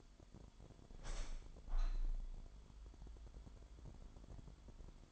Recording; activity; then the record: daily activity, microphone in the room; open window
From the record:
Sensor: 5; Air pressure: 998.6 hPa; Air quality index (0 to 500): 104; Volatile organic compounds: 2 ppm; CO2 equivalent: 1196 ppm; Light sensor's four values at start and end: 37/92/38/43 and 37/92/38/43